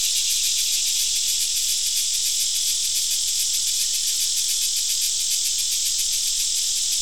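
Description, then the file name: Cricket chorus, a steady shrill high trill with rapid even pulses and no breaks. Crickets, more than one. "Digiffects Sound Effects Library - Crickets and a Cicada"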